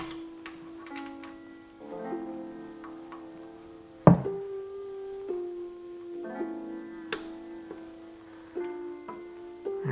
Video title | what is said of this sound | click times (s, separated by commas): Wrench Around and Find Out! - G.E.D. Ep. 08 | And that click is what you want to hear. | 4.1 s